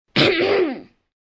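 A single voiced 'ahem' cough-like throat clear from an adult, about 0.8 seconds, falling in pitch; an acted sick sound effect.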